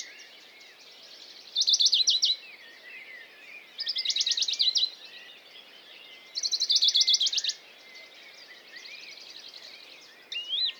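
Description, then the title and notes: Western Bonelli's warbler: dry trills every two to three seconds among varied chirps and whistles from other birds. Dawn chorus, 6 May 2020, Piste aux espagnols, Valmaravel, Drôme; unpaired bird perched on a small pine branch, rapid courtship song to attract a female; Nagra Seven recorder, MKH40 microphone. "CHORUS DE BONELLI. 06 mai 2020-Piste aux espagnols - Valmaravel - Drôme - Nagra seven - mkh40 Le chorus (lever du jour des oiseaux) est très intéressant ce matin de mai par ce chant étonnant du Pouillot de Bonelli (Phylloscopus bonelli)"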